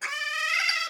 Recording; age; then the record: pig call; piglet (1 to 25 days)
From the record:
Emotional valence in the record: negative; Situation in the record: restrain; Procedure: in the arms of a person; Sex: male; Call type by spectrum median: high-frequency call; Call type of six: mixed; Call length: 0.90 s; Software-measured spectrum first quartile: 1944 Hz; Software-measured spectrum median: 2606 Hz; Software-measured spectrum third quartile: 4227 Hz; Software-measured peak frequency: 2063 Hz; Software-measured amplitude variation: 150 dB a second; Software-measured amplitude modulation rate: 26.1 a second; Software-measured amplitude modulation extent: 5.8 dB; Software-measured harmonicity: 9.4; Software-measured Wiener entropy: -2.91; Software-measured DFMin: 627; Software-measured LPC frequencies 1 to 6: 1300, 1986, 2577, 4732, 5436, 6689 Hz